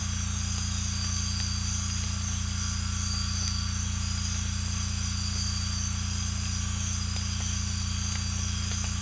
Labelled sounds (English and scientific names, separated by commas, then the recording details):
none
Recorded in secondary vegetation near Puerto Asís, Putumayo, Colombia, on 18 December 2024 at 03:00
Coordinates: 0.485, -76.322
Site GP08